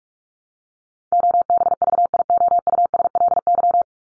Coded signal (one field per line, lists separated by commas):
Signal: Morse code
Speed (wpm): 44 wpm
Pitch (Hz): 700 Hz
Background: none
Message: OBVIOUSLY